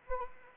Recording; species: mosquito wingbeat signal from an infrared sensor; Anopheles arabiensis